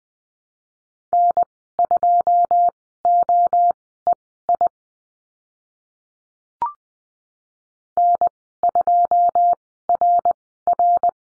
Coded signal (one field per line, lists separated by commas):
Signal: Morse code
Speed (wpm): 20 wpm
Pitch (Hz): 700 Hz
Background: none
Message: N2OEI N2RR